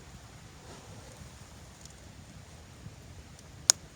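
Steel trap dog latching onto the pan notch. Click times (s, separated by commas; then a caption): 3.7 s. While setting a steel foothold trap for a dirt hole set, the trap's dog is engaged over the pan notch until it latches. Over a quiet, steady background with a couple of faint ticks, one loud, sharp click sounds at 3.7 s as the dog latches onto the pan notch, and the trap is set.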